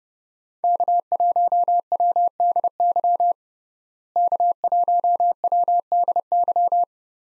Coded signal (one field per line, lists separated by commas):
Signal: Morse code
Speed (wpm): 32 wpm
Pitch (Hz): 700 Hz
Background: none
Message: K1WDY K1WDY